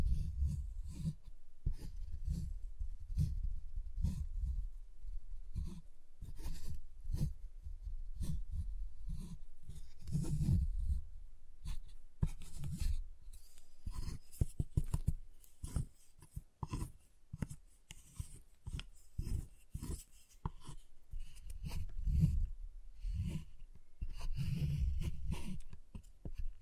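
Tapping and scraping on a giant chocolate bar, with steady low knocks early, then quick clustered clicks and snaps, and rubbing scrapes throughout.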